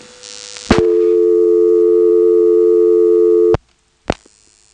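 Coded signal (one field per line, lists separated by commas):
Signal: telephone call progress tone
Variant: North America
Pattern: dial tone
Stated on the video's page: Step-by-step exchange with directors, Elizabeth City NC area, 1977.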